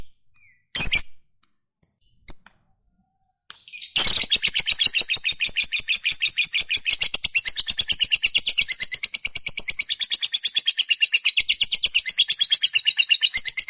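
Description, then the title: Lovebird starting with a few scattered sharp notes and pauses, then launching into a long fast chatter of buzzy pulses that continues steadily. Fighter-type lovebird giving a long chatter, called ngekek panjang. "Suara Lovebird FIGHTER NGEKEK PANJANG"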